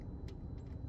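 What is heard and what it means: A plastic wire-tap splice connector is handled as it closes over a headlight harness wire while wiring halo LED projector headlights on a 2nd-gen Scion xB. A low, steady rumble runs throughout, with a brief faint tick around 0.3 s. Nothing has seated or snapped shut yet.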